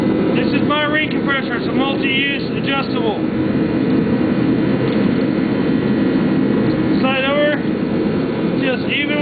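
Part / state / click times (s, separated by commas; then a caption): piston ring compressor on engine piston / not seated / none. During a Cub Cadet rebuild, someone talks while handling a multi-use, adjustable slide-over piston ring compressor meant to fit around the piston rings, level with the top of the engine piston, and be cranked tight until it locks. A steady broadband noise runs under the talking throughout. Nothing has seated or clicked yet; the clip ends before the part goes home.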